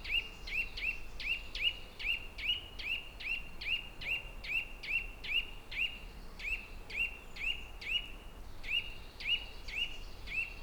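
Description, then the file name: Eurasian nuthatch giving a steady run of sharp, clipped whistled notes, often doubled, about two per second throughout, over a soft background hiss. "Sitta europaea"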